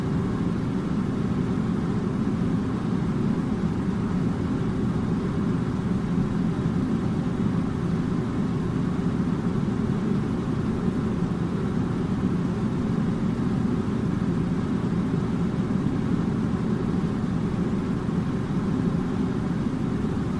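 An air conditioner runs with a steady, unbroken drone that holds the same level for the whole stretch. The sound is heavy in the low and lower-middle range, a dense rumbling hum with a faint hiss above, constant without distinct events.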